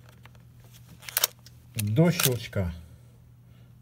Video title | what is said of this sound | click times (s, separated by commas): Для Сергей Трофимов.3. | поджимаем и проворачиваем против часовой стрелке до щелчка | 1.2 s